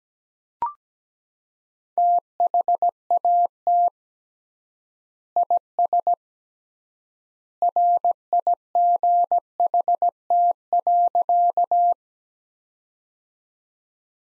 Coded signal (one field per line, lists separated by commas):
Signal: Morse code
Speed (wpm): 17 wpm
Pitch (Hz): 700 Hz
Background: none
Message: THAT IS RIGHT.